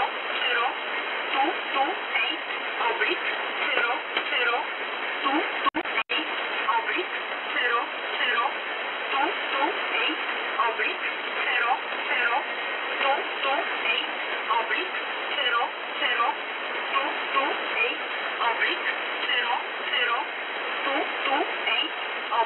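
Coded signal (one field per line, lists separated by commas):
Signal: numbers station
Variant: E11 Oblique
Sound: faint, evenly spaced spoken words buried under loud radio hiss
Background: radio static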